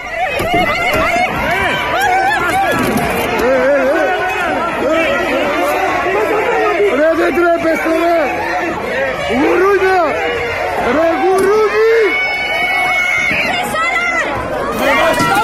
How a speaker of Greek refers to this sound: Κάπως έτσι σήμερα η κυβέρνηση υποδέχθηκε και χειροκρότησε τους γιατρούς με ΜΑΤ, δακρυγόνα, γκλοπιές, τους γιατρούς που είχαν πάει να διεκδικήσουν αυτονόητα πράγματα πριν μερικούς μήνες